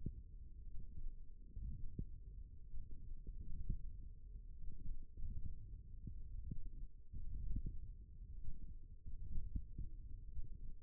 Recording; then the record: forearm muscle sounds (acoustic myography)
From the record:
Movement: hand closing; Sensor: system 1, eight BSWA MPA416 microphones around the upper forearm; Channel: 2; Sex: female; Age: 21 years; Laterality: right